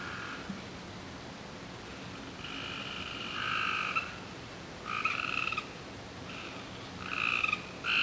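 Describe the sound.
Frog croaks, several drawn-out buzzy calls at slightly different pitches, some overlapping, then clipped calls toward the end, over low hiss.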